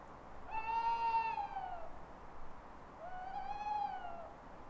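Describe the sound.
Owl giving two long, drawn-out wails about a second apart, each ending with a slight downward slide.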